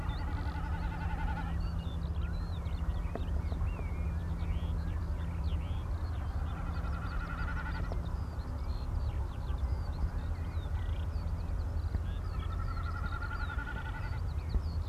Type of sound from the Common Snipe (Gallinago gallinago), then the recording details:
bleating. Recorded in the wild. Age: adult. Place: Pevestorf (Höhbeck), Niedersachsen, DE. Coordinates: 53.05, 11.46. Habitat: meadow. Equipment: Uher 4000 Report L, Parabolreflektor, Dynamisches Uher Mikrofon. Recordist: Gaeth, Peter